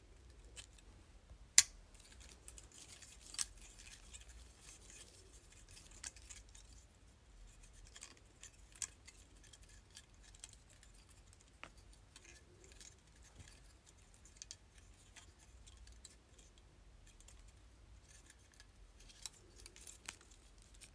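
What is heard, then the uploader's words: Hair clips make sharp, bright plastic and metal clicks and small rattles, scattered irregularly across the clip with quiet gaps between. The loudest snaps land near the start, around two and three and a half seconds. A faint, steady low hum runs underneath throughout. ASMR: Hair Clips.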